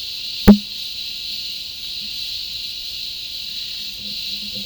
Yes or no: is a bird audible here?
no